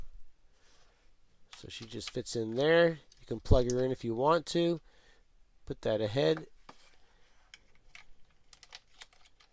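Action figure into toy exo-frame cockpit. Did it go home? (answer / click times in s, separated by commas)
no / none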